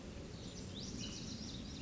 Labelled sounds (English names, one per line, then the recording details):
Lazuli Bunting
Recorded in Sonoma County, California